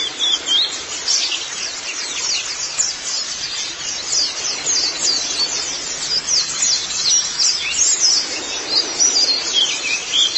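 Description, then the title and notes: White-eye song: a continuous stream of high, thin chirps and rapid twitters with no pause, overlapping and busy throughout. "Kicauan Burung Pleci Durasi Panjang. Suara kicauan burung pleci"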